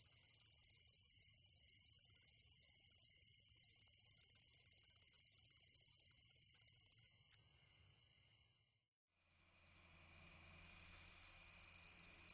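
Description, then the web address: Round-winged katydid producing a long continuous high rattle for about seven seconds, falling silent briefly, then resuming the rattling. Rattler song type of the round-winged katydid. "The Songs of Insects. Rattler Round-winged Katydid"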